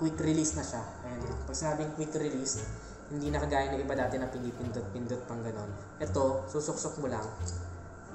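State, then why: Not seated. The plastic tongue of a motorcycle helmet chin strap is being handled and pushed toward its quick-release buckle while someone talks over background music. Nothing has seated or clicked yet.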